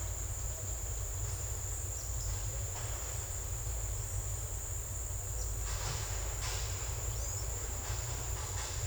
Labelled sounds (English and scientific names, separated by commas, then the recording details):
none
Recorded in secondary vegetation near Puerto Asís, Putumayo, Colombia, on 21 December 2024 at 16:00
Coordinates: 0.468, -76.324
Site G095